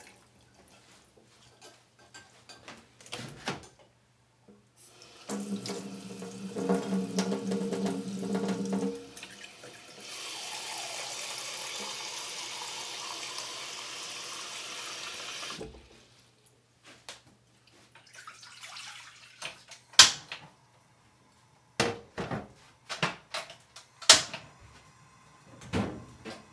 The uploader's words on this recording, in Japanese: 環境音 かつおのたたきらーめん。